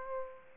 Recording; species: mosquito wingbeat signal from an infrared sensor; Aedes aegypti